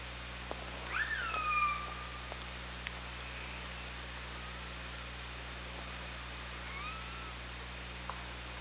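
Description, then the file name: Killer whale call: one upswept harmonic note that drops and levels off, followed by a few faint clicks and a weak whistle over steady hiss. Killer whales recorded on the OrcaLab hydrophone, 24 August 2017, 17:23. "Orca Lab UTLN JASON 20170824 172300"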